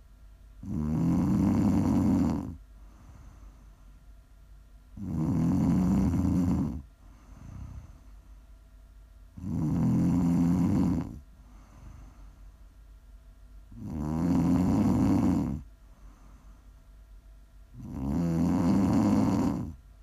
Prime ASMR snoring.